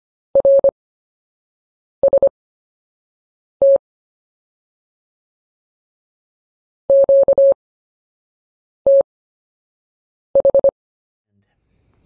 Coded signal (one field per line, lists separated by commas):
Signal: Morse code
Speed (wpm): 25 wpm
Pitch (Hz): 550 Hz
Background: none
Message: RST QTH